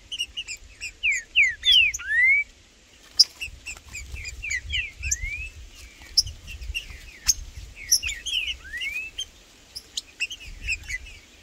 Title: Esse É PERFEITO Para ESQUENTAR Seu TRINCA Piando, Cantando E Macheando Na DISPUTA. Trinca Ferro no MATO Cantando e Macheando muito com Solto! Blindado e Tufão no mato